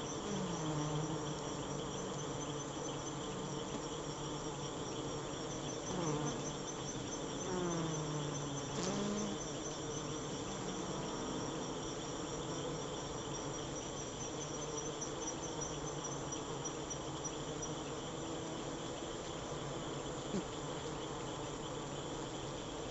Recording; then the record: honeybee defence experiment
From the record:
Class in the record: attack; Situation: Africanized honeybees under attack by Camponotus atriceps ants